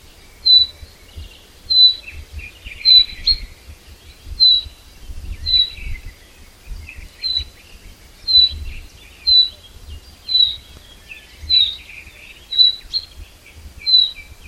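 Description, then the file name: Common chaffinch sounding a sharp high note again and again, about once a second, while faint lower chattering continues. "Fringilla coelebs"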